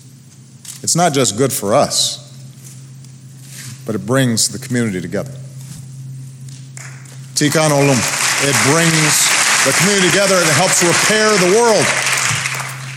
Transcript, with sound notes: It's not just good for us, but it brings the community together. (Applause.) Tikkun Olam -- it brings the community together and it helps repair the world.